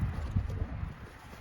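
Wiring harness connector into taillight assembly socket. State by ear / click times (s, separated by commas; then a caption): not seated / none. A wiring harness connector is handled at the plug of a new taillight assembly with a plastic housing on a 2012–2019 Nissan Versa, about to be pushed straight on. Low, dull knocks and handling thumps are heard, with no sudden sharp hits. The connector has not seated or clicked in yet.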